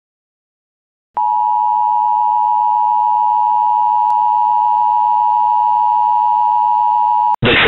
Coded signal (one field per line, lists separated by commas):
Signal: Emergency Alert System (SAME) tones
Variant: 853 and 960 Hz attention tone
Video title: Emergency Alert System - Atomic Train